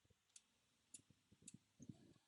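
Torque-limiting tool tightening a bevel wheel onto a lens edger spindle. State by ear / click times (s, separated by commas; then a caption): torque reached / 0.4 s, 0.9 s, 1.5 s. A torque-limiting tool tightens the shelf/step bevel wheel onto the spindle of an Essilor Pro E 700 lens edger, turned past snug until it slips. Three small, sharp clicks come at 0.4, 0.9 and 1.5 seconds among softer low knocks. The wheel is confirmed at the correct tightness.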